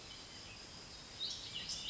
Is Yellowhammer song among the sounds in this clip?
no